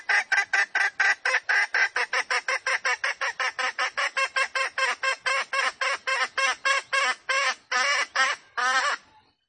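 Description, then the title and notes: Junglefowl hen cackling: rapid series of harsh, rasping notes, slightly slowing and ending in a couple of longer squawks. Female junglefowl calls used as a lure recording to attract junglefowl. "Pancingan Ayam Hutan Betina. Suara Ayam Hutan Betina. Pemikat Ayam Hutan"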